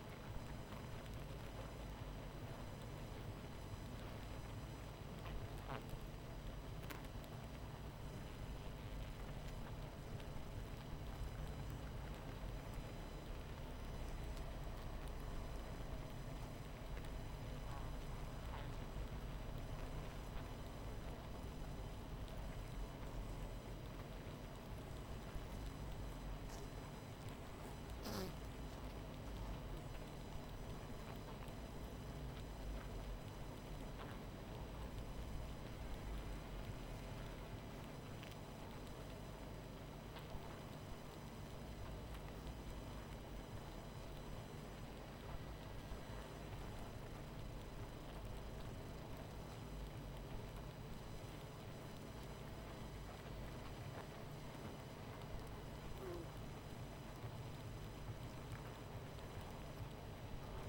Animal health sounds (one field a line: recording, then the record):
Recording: honeybee colony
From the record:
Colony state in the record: missing queen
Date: 14 July 2017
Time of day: 23:37